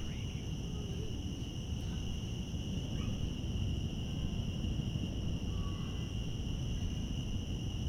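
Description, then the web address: Steady shrill cicada drone continues throughout, with a few scattered faint chirps and a constant low rumble underneath. Cicadas in Central Park. "lynne-publishing Central Park cicadas"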